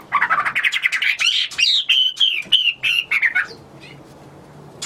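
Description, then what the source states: Hwamei song, a loud run of rich whistled phrases, rapid and varied, ending after about three and a half seconds. Recorded in China.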